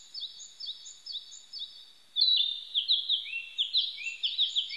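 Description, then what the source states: Narcissus flycatcher song: after a quiet start of soft high repeated notes, a loud whistled phrase breaks in and runs into a rapid series of sliding, chirpy notes. Recorded on 25 April 1998.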